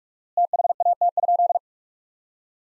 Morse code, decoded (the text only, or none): THAT?